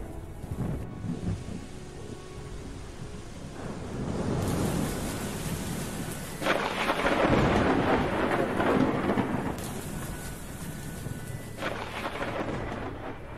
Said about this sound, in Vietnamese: Tiếng hét của hai con quỷ cũng từ từ tắt hẳn, chỉ còn lại tiếng mưa rì rào.